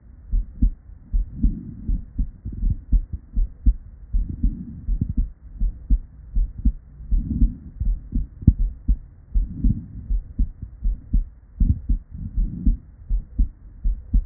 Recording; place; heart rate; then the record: heart sounds by stethoscope; Erb's point; 76 bpm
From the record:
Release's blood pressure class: normal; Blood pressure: 117/69 mmHg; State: at rest